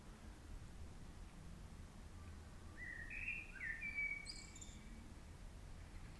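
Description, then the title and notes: Bird call: one twittering phrase midway, slurred mid-pitched notes followed by a few higher chirps, set against a constant low background hum. Bird heard outside a window. "Bird outside my window by etest"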